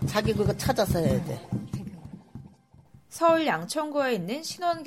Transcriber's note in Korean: 녹취: 스마트 테이블 현장음